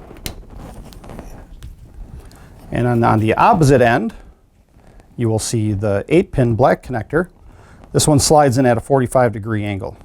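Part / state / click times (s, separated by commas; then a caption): green wiring connector into solid-state pinbank board / seated / 0.3 s. A green plastic wiring connector is pushed onto the bottom side of a solid-state pinbank for a Seeburg 100W jukebox until it locks into place, with a sharp click at 0.3 s. A few faint handling taps follow, then someone talks.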